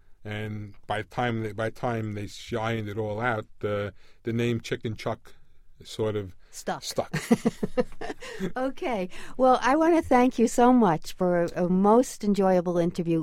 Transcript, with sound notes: And by the time — by the time they — she ironed it all out, the name Chick and Chuck sort of —
Stuck.
— stuck.
[laughs] Okay. Well, I want to thank you so much for a most enjoyable interview.